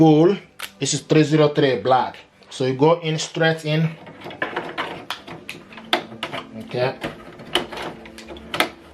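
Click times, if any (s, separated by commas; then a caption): 8.6 s. Someone talks while a 303 black ink cartridge is pushed straight into the carriage slot of an HP Envy 7220e inkjet printer, with a series of short plastic handling knocks and taps from about 4.4 s onward. The cartridge clicks home and latches at 8.6 s, seated.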